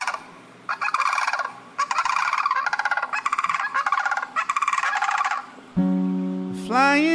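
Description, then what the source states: Sandhill Crane rolling, rattling calls in repeated bursts for about five seconds, followed by a steady humming tone with rising sweeps. Sandhill Cranes flying overhead in Birchwood, Tennessee, seen for the past six years; windy and chilly, the sky loud above; birds 3 to 3.5 feet tall.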